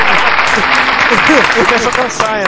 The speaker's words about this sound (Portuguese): Puta que pariu, aplauso.